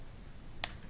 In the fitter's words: And did you hear that little snap? That's a snap that you want to hear because it's going to hold down the shoelace.